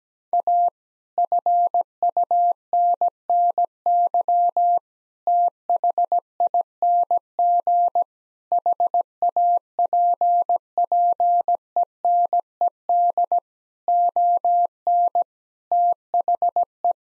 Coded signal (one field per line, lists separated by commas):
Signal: Morse code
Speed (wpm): 17 wpm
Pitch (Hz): 700 Hz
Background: none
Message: A FUNNY THING HAPPENED ON THE